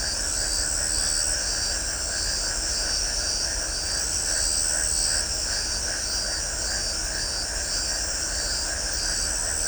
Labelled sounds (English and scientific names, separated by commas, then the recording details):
none
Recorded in shrubland near Pivijay, Magdalena, Colombia, on 3 June 2023 at 22:30
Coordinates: 10.453, -74.365
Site P5-G022